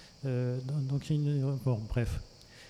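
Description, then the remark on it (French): Cicadas keep up a steady, high-pitched buzzing drone throughout, unbroken beneath a voice that talks in fairly loud bursts over it. “Et qu'on est bien dans un espace de silence total, puisque c'est un silence un peu paradoxal, mais qui est couvert par les cigales, quoi.”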